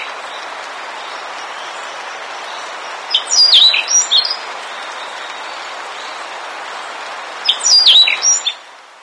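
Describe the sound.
Bird giving two short bursts of high, sharply rising and falling chirps, about four seconds apart, over a steady broad rushing noise.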